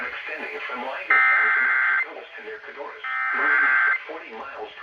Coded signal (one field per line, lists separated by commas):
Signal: Emergency Alert System (SAME) tones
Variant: header bursts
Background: speech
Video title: First Enhanced Risk of 2021... EAS Alerts from 6/21/21 (EAS #315-334)